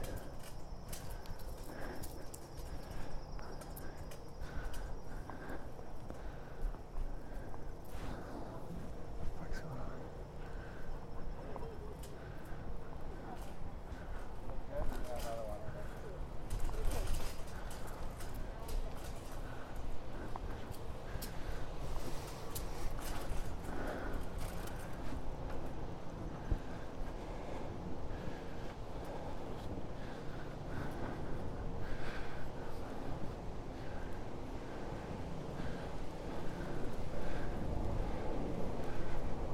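A bike ride with a steady low rumble of rolling wheels and wind, sharp rattles and clicks scattered throughout, and faint voices.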